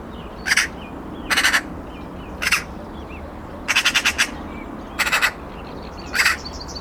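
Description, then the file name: Eurasian magpie giving harsh, rattling chatter calls: about six bursts over roughly seven seconds, some single and some quick multi-note rattles, against faint background hiss. "Pica pica"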